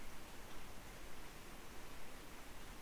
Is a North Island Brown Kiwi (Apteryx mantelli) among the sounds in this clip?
no